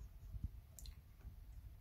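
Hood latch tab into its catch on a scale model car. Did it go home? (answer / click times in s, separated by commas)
no / none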